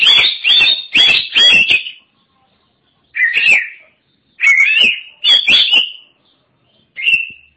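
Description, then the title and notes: Oriental magpie-robin singing, a quick run of four bright, slurred whistles, then pauses and single rich warbled phrases near the end. Chirping song. "Suara Kicauan Burung Kacer Durasi Panjang. Suara kicauan burung kacer format mp3 durasi panjang"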